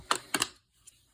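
A plastic extender clip in a Holmes window fan housing, already pulled out to its click stop, is grasped and pulled back until it releases from the fan housing. A sharp plastic snap at 0.1 s marks the clip coming free, followed by two more quick clacks around 0.35 and 0.4 s and a faint tick near 0.9 s. The clip is released from the housing.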